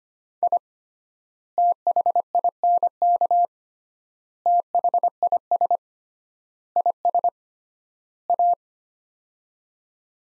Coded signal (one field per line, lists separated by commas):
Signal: Morse code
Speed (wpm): 25 wpm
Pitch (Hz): 700 Hz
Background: none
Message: I THINK THIS IS A